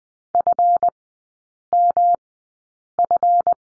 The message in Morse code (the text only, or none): FMF